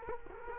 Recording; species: mosquito wingbeat signal from an infrared sensor; Culex quinquefasciatus